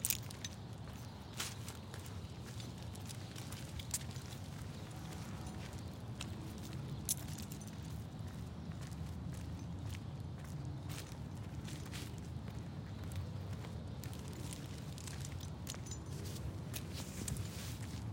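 A night walk with a dog through a Phoenix, Arizona neighborhood, with a steady low rumble like traffic running underneath throughout. Frequent short crunching and scuffing taps, probably footsteps, come at an irregular pace over the whole stretch.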